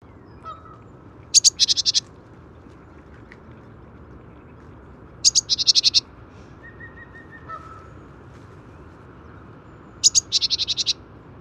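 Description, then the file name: Great tit giving short bursts of rapid, harsh, buzzy chattering notes, about every four to five seconds. A faint whistled tone sounds in between. "Parus major"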